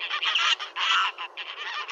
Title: Graylag Goose